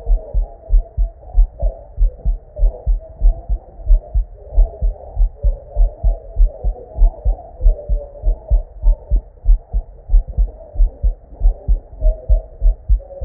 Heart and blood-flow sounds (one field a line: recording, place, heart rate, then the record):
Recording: heart sounds by stethoscope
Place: Erb's point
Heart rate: 95 bpm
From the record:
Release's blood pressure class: normal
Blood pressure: 105/59 mmHg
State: at rest